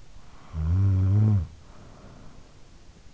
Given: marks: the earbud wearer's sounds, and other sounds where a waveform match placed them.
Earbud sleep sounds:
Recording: sounds in sleep by an in-ear microphone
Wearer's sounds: snoring breath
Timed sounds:
0.04-3.14 s: snoring breath

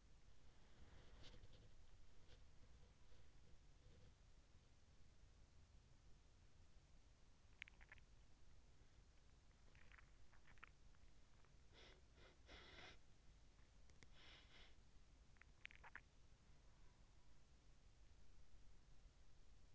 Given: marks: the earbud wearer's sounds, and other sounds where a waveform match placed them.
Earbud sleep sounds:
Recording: sounds in sleep by an in-ear microphone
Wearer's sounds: body movement, swallowing, teeth grinding, breath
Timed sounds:
0.00-4.37 s: body movement
6.78-8.86 s: swallowing
9.55-10.94 s: teeth grinding
10.94-14.97 s: breath
14.97-16.66 s: swallowing

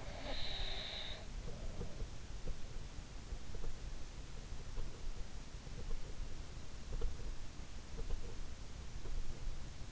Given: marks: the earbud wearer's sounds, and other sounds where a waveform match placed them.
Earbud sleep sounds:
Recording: sounds in sleep by an in-ear microphone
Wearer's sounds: breath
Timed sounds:
0.00-2.00 s: breath

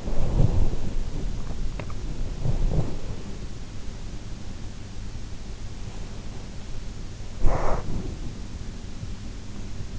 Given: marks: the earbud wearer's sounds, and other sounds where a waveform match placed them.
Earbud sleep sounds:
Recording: sounds in sleep by an in-ear microphone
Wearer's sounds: body movement, swallowing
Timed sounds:
0.00-3.07 s: body movement
7.43-8.02 s: swallowing

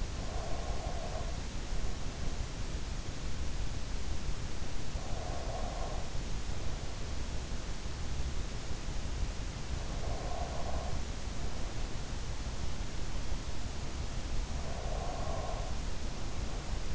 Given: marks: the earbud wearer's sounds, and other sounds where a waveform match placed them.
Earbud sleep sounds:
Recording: sounds in sleep by an in-ear microphone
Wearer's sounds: breath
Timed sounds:
0.00-2.47 s: breath
4.80-7.40 s: breath
9.74-12.28 s: breath
14.23-16.95 s: breath

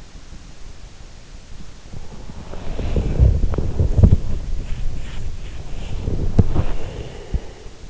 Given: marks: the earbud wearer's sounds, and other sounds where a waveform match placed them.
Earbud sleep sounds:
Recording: sounds in sleep by an in-ear microphone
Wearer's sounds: body movement, breath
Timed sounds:
1.68-7.90 s: body movement
6.16-7.90 s: breath

